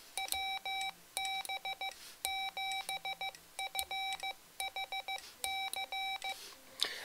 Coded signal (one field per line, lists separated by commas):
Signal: Morse code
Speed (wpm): 15 wpm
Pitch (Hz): 2300 Hz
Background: none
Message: WB7FHC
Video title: Mr. Rags Macro Keyer - Pt 1 - First Time Set Up